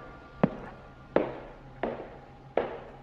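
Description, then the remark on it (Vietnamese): Four dry, sharp footsteps on stairs land at a slow, even pace, each hard strike trailing off in a brief echoing decay against a quiet background with no voices. “Quả thật là tiếng bước chân vang lên. Trong không gian yên tĩnh, tiếng bước chân khô khốc ấy đến rợn cả người.”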